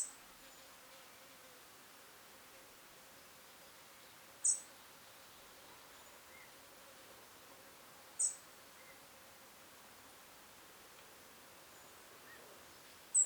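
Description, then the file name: European robin uttering isolated high, thin call notes, a few spaced several seconds apart against faint steady background noise. "Erithacus rubecula"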